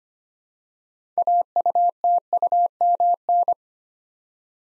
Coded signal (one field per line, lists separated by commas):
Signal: Morse code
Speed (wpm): 25 wpm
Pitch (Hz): 700 Hz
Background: none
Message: AUTUMN